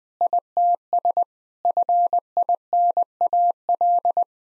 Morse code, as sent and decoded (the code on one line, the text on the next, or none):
.. - ... / ..-. .. -. .- .-..
ITS FINAL